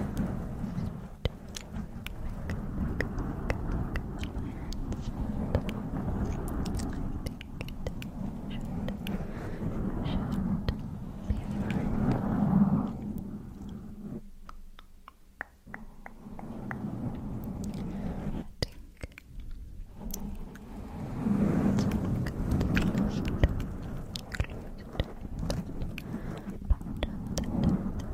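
Mic scratching makes a dense, low rumbling rub through most of the clip, with sharp clicks scattered throughout, likely tongue clicks. Near 14 to 16 seconds and again around 19 to 20 seconds, the rubbing thins out and only sparse clicks remain before the scratching returns.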